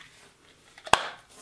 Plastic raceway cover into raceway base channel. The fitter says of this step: you go hear that click